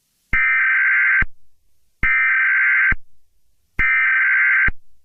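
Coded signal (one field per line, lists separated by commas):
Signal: Emergency Alert System (SAME) tones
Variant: header bursts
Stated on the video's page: Fictional EAS scenario based on a Roblox game; contains music.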